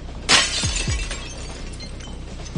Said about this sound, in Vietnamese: Thủy tinh trước mặt Tô Bạch trực tiếp vỡ nát.